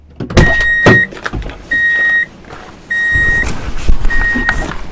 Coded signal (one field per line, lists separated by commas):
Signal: none